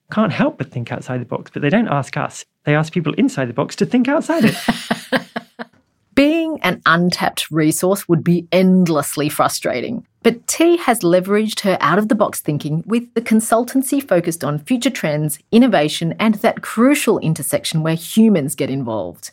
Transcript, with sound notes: Can't help but think outside the box, but they don't ask us, they ask people inside the box to think outside of it!
(Laughs) (Voiceover) Being an untapped resource would be endlessly frustrating but Tea has leveraged her out-of-the-box thinking with a consultancy focused on future-trends, innovation and that crucial intersection where humans get involved.